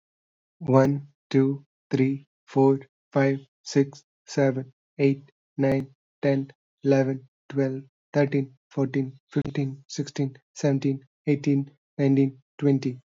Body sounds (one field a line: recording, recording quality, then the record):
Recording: counting at a normal pace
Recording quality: excellent, no background noise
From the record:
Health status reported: exposed to COVID-19, no respiratory illness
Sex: male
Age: 27 years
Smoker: yes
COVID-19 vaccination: both doses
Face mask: not worn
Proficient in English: yes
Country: India